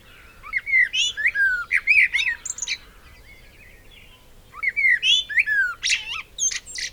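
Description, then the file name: Eurasian blackbird singing two dense phrases of quick fluted notes mixed with sharp, high squeaks, separated by a short silence. "Turdus merula"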